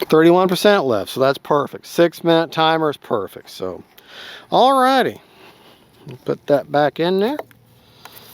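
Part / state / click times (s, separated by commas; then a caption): battery hatch/canopy into RC airplane fuselage / not seated / none. Someone talks while handling the battery hatch/canopy of a Flex Aviator 40E RC airplane, putting it back onto the fuselage after checking the battery; it has a wooden tab at the back that locks in, and the front is screwed down. Quiet handling noise follows the talking, with a short tick near 8.1 s. The hatch has not seated or locked into place yet when the clip ends.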